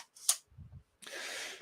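Someone presses the release button on a plastic twist-on LH-66E lens hood and turns it to take it off the front of an M.Zuiko 90mm F3.5 macro lens. A sharp click sounds at 0.3 s, followed by soft low thumps, a steady hiss from about 1.0 s, and another sharp hit at 1.6 s. The hood is released.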